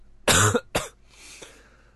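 Two sharp, harsh cough bursts in quick succession from an adult man, then a soft breathy inhale; an occasional cough from a cold.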